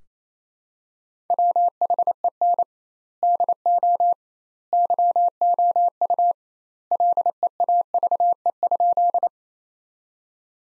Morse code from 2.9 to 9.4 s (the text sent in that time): DO YOU LEAVE?